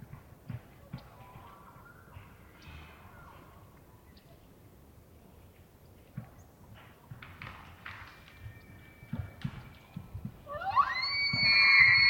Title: Elk Bull Roars Closer And Far With Challenges, Galloping, And Clashing Antlers